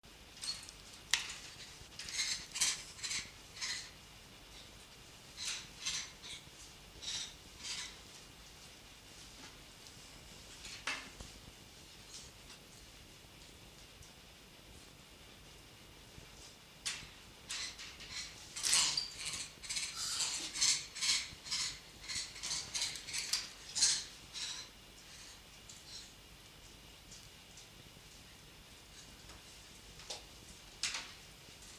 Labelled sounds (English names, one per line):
Rhesus Monkey